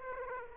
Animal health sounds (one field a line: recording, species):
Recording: mosquito wingbeat signal from an infrared sensor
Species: Aedes aegypti